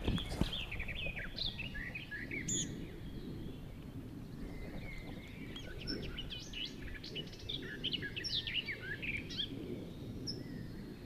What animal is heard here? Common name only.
Barred Warbler